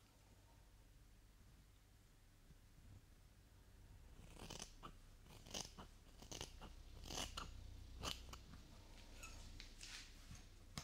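Hair is brushed after a quiet low hum, with bristly scratchy strokes starting around four seconds and repeating irregularly, each a crisp rasp.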